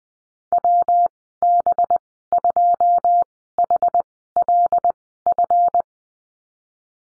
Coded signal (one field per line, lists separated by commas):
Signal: Morse code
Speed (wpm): 20 wpm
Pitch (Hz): 700 Hz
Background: none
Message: WB2HLF